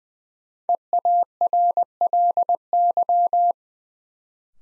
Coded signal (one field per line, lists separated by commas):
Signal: Morse code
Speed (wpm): 20 wpm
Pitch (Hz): 700 Hz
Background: none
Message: EARLY